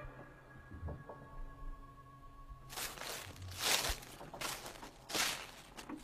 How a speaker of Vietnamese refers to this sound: Một đôi chân của người con gái nhỏ nhắn, trắng muốt, thế nhưng lại đi chân đất, ở trong một khu rừng đầy gai và bụi rậm. Có tiếng hít hít mũi vang lên. Sau đó, tiếng bước chân lại tiếp tục.